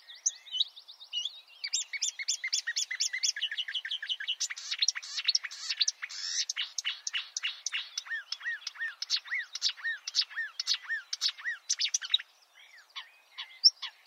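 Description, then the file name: Marsh warbler giving a long run of varied song: whistles, fast trills, buzzy chatter and repeated rising notes, tapering into scattered calls near the end. "suara kicauan burung marsh warbler. omkicau"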